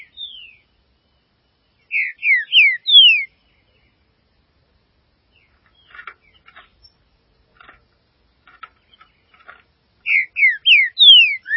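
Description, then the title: Green-winged saltator repeating its phrase of several bright, slurred whistles twice, about eight seconds apart, with soft ticking notes in the pause. "Trinca Ferro"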